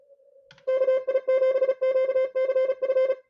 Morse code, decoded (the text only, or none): KI7QCF